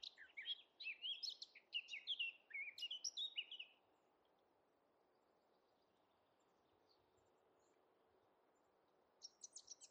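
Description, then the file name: Eurasian blackcap song: one energetic run of tumbling, scratchy warbled notes lasting about four seconds, then silence and a short high trill at the end. "Sylvia atricapilla"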